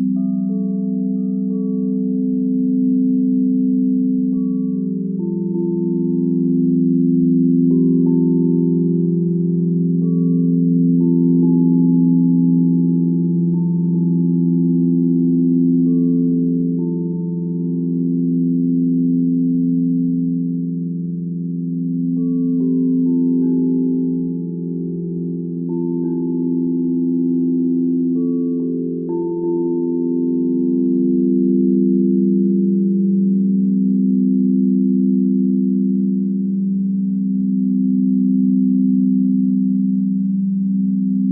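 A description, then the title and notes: Singing bowls hum in a steady, overlapping drone of low tones that slowly swell and shift pitch over the whole stretch. Higher ringing overtones glide in and fade in brief clusters, notably early on and again around the middle, with no other sounds present. Singing Bowls, Silent Forest Cloud.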